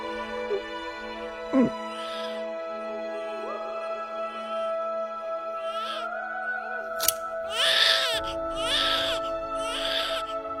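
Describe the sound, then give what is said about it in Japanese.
A newborn baby, just separated from its mother's placenta as the umbilical cord is cut, cries in short, high-pitched wails that grow louder toward the end, over a steady tonal hum, with a brief sharp click partway through. “今この瞬間、お母さんの胎盤から離され個体となった赤ちゃん、あなたのために世界はある。”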